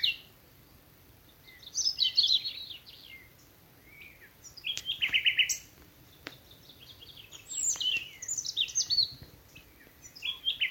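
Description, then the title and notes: Common nightingale song: varied phrases of chirps, whistles and a short rapid trill, delivered in bursts with brief gaps. Several nightingales singing in thickets of a Dorset wood in the evening as dew falls, Alners Gorse nature reserve run by Butterfly Conservation, Dorset, England. "Sound Escape 11: the glorious song of nightingales from a Dorset wood. BBC Countryfile Magazine. it's evening at Alners Gorse, a nature reserve in Dorset run by Butterfly Conservation . As the dew falls, the extraordinary song of nightingales rises from the thickets. Recorded by Martin Maudsley"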